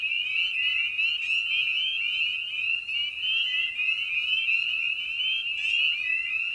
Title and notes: Episode 5: Night of the Peepers. we return to the frog pond for a meditative evening. Spring Peeper (Pseudacris crucifer). Ian Carlsen